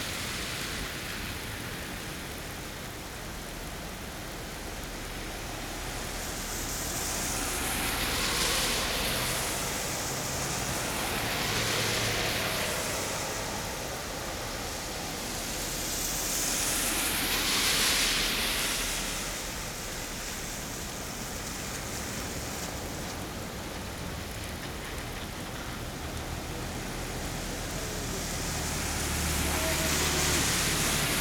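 Cars pass on a rainy day, their tires hissing over wet pavement in slow swells around 8, 12, 17 and 30 seconds. Between passes a steady, dense wash of rain noise fills the gaps, with a faint low rumble underneath.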